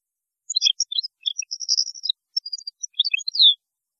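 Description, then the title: European goldfinch song: a quick run of high tinkling twitters and short buzzy notes, ending in a clear downslurred whistle, with no other sounds. "Chant Chardonneret"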